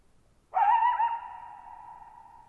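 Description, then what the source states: Coyote giving one wavering howl whose pitch wobbles briefly before holding steady, then ringing out in a long, even, fading echo. Lone coyote at night, July 14, 2019, near Thirtymile Meadows, Okanogan National Forest, Okanogan High Country, Pacific Northwest, 6400 ft (1950 m); high dry plateau with tall sharp mountains, shallow bowl-shaped meadows forming a natural amphitheater.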